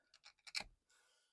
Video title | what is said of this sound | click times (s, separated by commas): Review of the Snake Eyes action figures and polar bear from the G.I.Joe classified series by Hasbro | Pops right into place. No issues. | 0.5 s